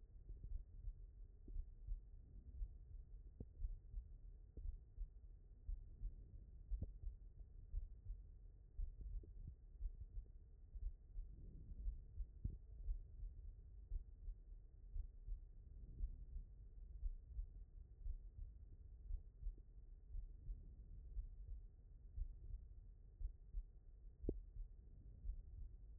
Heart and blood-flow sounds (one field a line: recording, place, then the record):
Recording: heart sounds by stethoscope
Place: aortic valve (AV)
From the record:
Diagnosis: non-HFrEF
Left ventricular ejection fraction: 55%